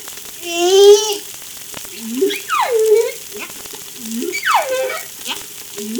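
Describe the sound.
Whale vocalizing with a harmonic moan followed by brief low rising notes and long descending whistled sweeps, the pattern recurring roughly every two seconds against faint crackle.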